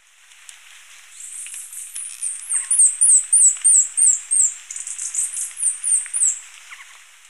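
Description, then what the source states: Speckled hummingbird calling in a thin, very high squeaky twitter of wavering, down-slurred notes, about three per second, rising in volume and then fading. Recorded in Ecuador.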